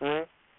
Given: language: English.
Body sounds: throat vibration sensor signal played as sound; speech

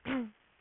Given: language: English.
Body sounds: throat vibration sensor signal played as sound; throat clearing

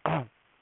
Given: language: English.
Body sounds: throat vibration sensor signal played as sound; throat clearing

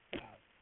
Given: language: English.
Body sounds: throat vibration sensor signal played as sound; cough

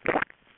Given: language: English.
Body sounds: throat vibration sensor signal played as sound; swallow

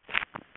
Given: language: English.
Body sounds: throat vibration sensor signal played as sound; swallow

